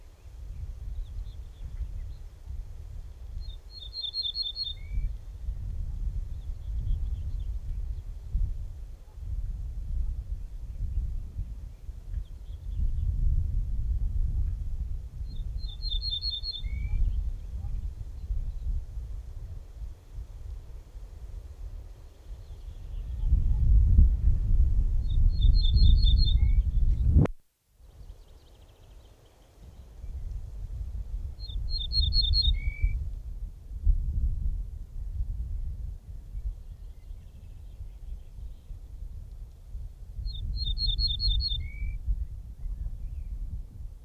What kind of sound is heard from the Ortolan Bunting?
song